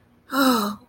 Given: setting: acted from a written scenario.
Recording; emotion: vocal sound without words; guilt